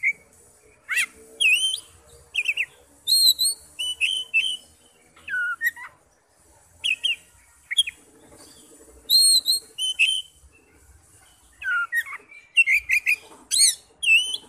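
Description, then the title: Oriental magpie-robin song with sweeping whistles and chirps in irregular bursts, some quick repeated notes near the end. "Kacer"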